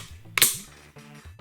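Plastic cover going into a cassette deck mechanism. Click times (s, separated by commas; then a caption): 0.4 s. A plastic cover is fitted back into a cassette deck mechanism during a belt replacement on a second-generation DCC player. A loud, sharp click at 0.4 s shows the cover seating into place, heard over quiet background music.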